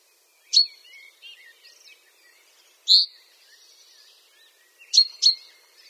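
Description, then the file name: Chaffinch calls: bright sharp chinks, single and doubled, with one broader slurred note between them and faint background twittering. "Fringilla coelebs"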